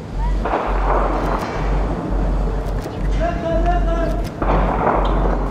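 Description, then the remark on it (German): Scattered sharp gunshots crack and echo over a city wall in Diyarbakir in September 2015, above a constant low rumble, with muffled voices and a brief high whine partway through. “Schüsse hallen über die Stadtmauer.”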